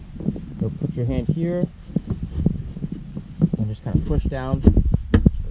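Someone talks while a precut wooden sleeping-platform panel is slid out, set tight against one side of its support frame in the cargo area of a fifth-generation Toyota 4Runner, and pushed down by hand. Light knocks and taps accompany the handling. The panel snaps into place with a sharp click at 5.1 s.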